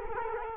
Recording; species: mosquito wingbeat signal from an infrared sensor; Culex quinquefasciatus